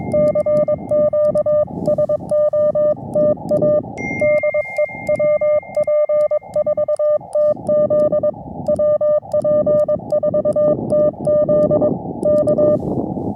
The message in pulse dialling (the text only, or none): none